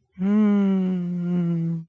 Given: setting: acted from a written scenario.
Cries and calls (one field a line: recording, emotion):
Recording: vocal sound without words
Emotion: confusion